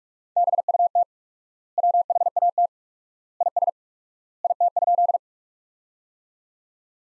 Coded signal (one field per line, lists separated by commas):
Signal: Morse code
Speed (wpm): 46 wpm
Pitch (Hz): 700 Hz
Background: none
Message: BUT WHAT IS IT?